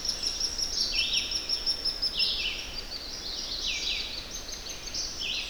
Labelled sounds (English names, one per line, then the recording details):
Red-eyed Vireo song
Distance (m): 30 m
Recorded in boreal forest in Alberta, Canada, on 10 June 2016 at 06:02
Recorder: SongMeter 3, array SBT-3-39
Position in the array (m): 205 m, 113 m